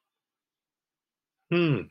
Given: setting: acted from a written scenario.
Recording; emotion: vocal sound without words; interest